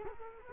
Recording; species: mosquito wingbeat signal from an infrared sensor; Culex quinquefasciatus